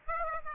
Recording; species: mosquito wingbeat signal from an infrared sensor; Aedes aegypti